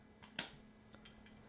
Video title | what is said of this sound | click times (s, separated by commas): 好创意！DockCase给MBP充电器加个壳？变身“数据传输+充电”多功能扩展 | When you hear a click sound, | 0.4 s